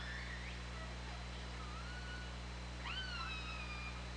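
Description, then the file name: Orca vocalizations: a rising squeal, then a level whistle-like tone and a bold upswept harmonic call near the end, with constant low hum beneath. On an OrcaLab hydrophone, 24 August 2017, at 20:29:41. "Orca Lab UTLN JASON 20170824 202941"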